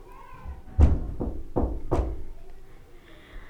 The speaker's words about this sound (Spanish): Un día bajó normal, así como todos los días, pero esta vez no se fue a ver la televisión, sino que tocó la puerta.